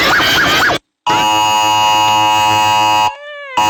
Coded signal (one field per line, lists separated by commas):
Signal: Emergency Alert System (SAME) tones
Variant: 853 and 960 Hz attention tone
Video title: dot makes a EAS alarms